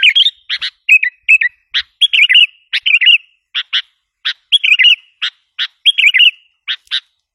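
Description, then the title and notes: Sooty-headed bulbul song: short bubbly warbled phrases alternating with sharp single chips, repeated at a lively, uneven pace. "Kicau Burung Kutilang"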